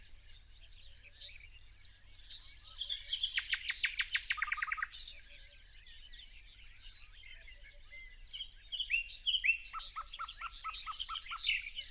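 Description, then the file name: Common nightingale singing powerful repeated staccato notes in fast rattling series, separated by quieter warbled passages, over a constant busy chorus of other small birds. "Luscinia megarhynchos"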